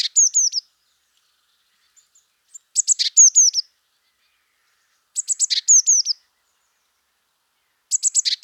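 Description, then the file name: Eurasian blue tit calls: high chattering phrases of short notes followed by slurred descending whistles, repeated about every two and a half seconds, with faint soft notes between. "Cyanistes caeruleus"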